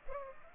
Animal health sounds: mosquito wingbeat signal from an infrared sensor; Culex pipiens

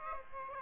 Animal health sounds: mosquito wingbeat signal from an infrared sensor; Aedes aegypti

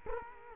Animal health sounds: mosquito wingbeat signal from an infrared sensor; Culex quinquefasciatus

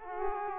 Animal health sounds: mosquito wingbeat signal from an infrared sensor; Aedes aegypti

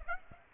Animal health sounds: mosquito wingbeat signal from an infrared sensor; Aedes aegypti

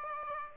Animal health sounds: mosquito wingbeat signal from an infrared sensor; Aedes aegypti

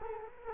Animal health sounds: mosquito wingbeat signal from an infrared sensor; Culex quinquefasciatus

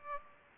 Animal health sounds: mosquito wingbeat signal from an infrared sensor; Aedes aegypti

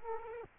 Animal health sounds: mosquito wingbeat signal from an infrared sensor; Aedes aegypti

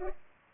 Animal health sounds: mosquito wingbeat signal from an infrared sensor; Culex pipiens

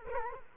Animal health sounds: mosquito wingbeat signal from an infrared sensor; Culex quinquefasciatus

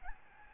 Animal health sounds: mosquito wingbeat signal from an infrared sensor; Aedes albopictus

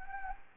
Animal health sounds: mosquito wingbeat signal from an infrared sensor; Anopheles gambiae

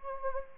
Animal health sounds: mosquito wingbeat signal from an infrared sensor; Anopheles gambiae

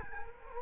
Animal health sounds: mosquito wingbeat signal from an infrared sensor; Culex quinquefasciatus

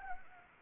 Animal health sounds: mosquito wingbeat signal from an infrared sensor; Anopheles arabiensis

